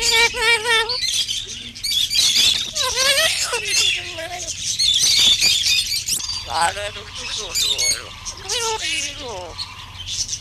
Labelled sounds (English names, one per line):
Black-capped Lory call